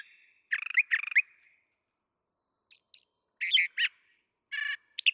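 Brown thrasher song with doubled rasping phrases, a long pause, then high sharp notes, harsh notes and a buzzy phrase.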